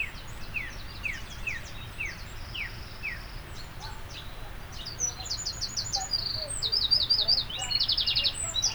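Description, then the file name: Eurasian wren giving high, rattling trills and scattered notes, growing louder in the second half, over a steady low background hiss. "Troglodytes troglodytes"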